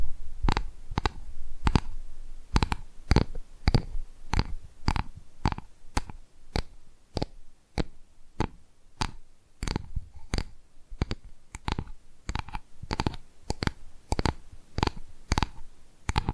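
Sharp tapping on the microphone, about two taps per second, steady and regular across the whole stretch. Each tap is a crisp knock with a bright top and a soft low thud beneath, with near silence between taps.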